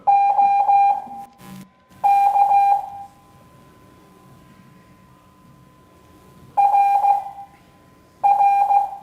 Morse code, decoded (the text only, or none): OK RR